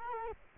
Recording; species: mosquito wingbeat signal from an infrared sensor; Culex quinquefasciatus